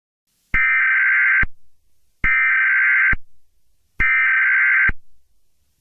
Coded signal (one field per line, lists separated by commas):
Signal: Emergency Alert System (SAME) tones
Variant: header bursts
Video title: EAS Scenario #15: Unknown Emergency